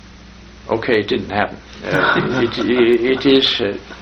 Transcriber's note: laughter